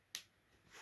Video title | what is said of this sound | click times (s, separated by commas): 1440p Gaming PC Build - Installing DDR5 ARGB RAM | it's the older you just click it in yourself | 0.1 s